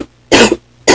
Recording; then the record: coughing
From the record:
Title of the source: 61 morning phlegmy cough...again